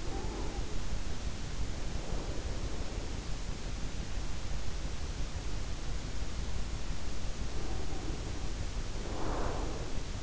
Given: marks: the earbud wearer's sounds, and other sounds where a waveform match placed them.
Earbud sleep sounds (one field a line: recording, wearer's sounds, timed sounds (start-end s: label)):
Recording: sounds in sleep by an in-ear microphone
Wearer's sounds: breath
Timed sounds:
0.00-3.28 s: breath
7.34-10.23 s: breath